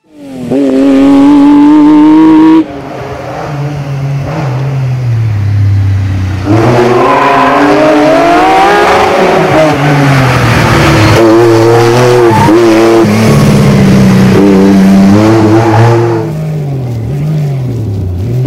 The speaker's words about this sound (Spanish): Gallina de piel, ¿no? Es una pasada estos sonidos de este V6 con... Este debe 24 válvulas.